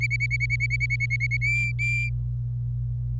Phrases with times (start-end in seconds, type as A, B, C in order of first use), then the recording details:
0.01-1.37 A, 1.41-2.09 B. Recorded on 26 April 2018 at 06:54. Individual llb3